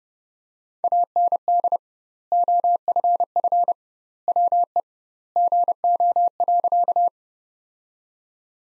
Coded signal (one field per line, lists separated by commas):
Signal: Morse code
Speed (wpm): 32 wpm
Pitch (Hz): 700 Hz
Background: none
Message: AND OFF WE GO.